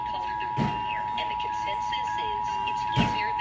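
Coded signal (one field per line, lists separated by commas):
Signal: Emergency Alert System (SAME) tones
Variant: 853 and 960 Hz attention tone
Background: speech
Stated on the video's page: Child abduction emergency heard on FM broadcast stations, the Washington State EAS relay network on 155.475 MHz and NOAA Weather Radio on 162.550 MHz.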